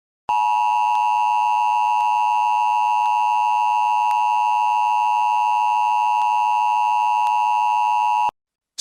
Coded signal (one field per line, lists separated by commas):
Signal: Emergency Alert System (SAME) tones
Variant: 853 and 960 Hz attention tone